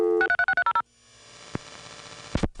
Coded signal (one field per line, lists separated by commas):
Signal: DTMF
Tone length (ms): 80 ms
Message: 63630